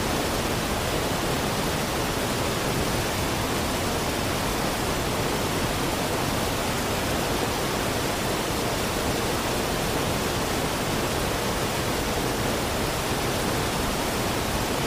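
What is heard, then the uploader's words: A forest waterfall roars in a steady, dense rush, full from deep rumble to bright hiss, unchanging throughout. Chill Out by Forest Waterfall - White Noise.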